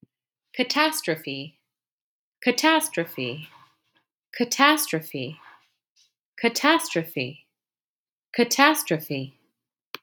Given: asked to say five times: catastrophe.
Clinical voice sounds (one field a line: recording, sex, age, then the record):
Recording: repeated word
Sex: female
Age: 40 to 49 years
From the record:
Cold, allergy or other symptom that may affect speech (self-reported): no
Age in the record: 42 years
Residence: Virginia, United States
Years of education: 18